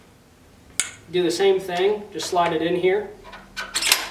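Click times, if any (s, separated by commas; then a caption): 3.9 s. A Milwaukee M18 Fuel pole saw (chainsaw) attachment is slid into the extension pole's quick-lock coupling while someone talks. A sharp transient at 0.8 s is followed by speech. At 3.9 s a click is heard as the attachment locks into the coupling.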